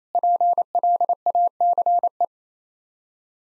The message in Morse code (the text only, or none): PLACE